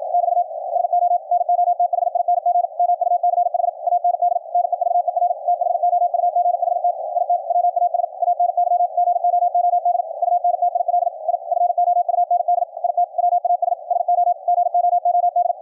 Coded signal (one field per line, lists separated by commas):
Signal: Morse code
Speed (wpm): 50 wpm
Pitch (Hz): 700 Hz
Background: radio noise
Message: <BT> SO NOTHING MUCH AND NEVER THOUGHT IT WAS ANY GOOD UNTIL I FOUND IT WAS SO GOOD